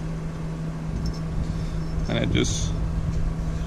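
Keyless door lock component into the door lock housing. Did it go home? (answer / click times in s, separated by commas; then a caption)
no / none. Over a steady low hum, the wires of a keyless Bauer door lock component are threaded through the opening in the door lock housing and the part is lined up, with a faint tick near 1.1 s and brief bright rustles around 2.1–2.7 s as someone talks. Nothing has seated or clicked yet; the part is still to be snapped in.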